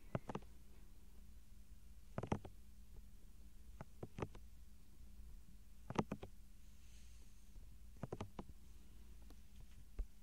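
Soft touching and brushing sounds come in short, crisp clusters, roughly every two seconds, near 0.3, 2.2, 4.2, 6.0 and 8.1 seconds, with faint ticks in between. Beneath them runs a low, steady hum, and a faint airy hiss appears around seven seconds.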